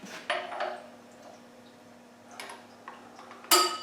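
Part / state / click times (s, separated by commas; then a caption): engine timing pin into flywheel locating hole / seated / 3.5 s. A 110 engine is turned over by hand while a spring-loaded steel timing pin is pressed against the flywheel, giving a few faint metallic knocks and scrapes, including a clunk at 0.3 s. At 3.5 s the pin snaps into the flywheel's locating hole with a sharp, bright metallic click, confirming it has seated.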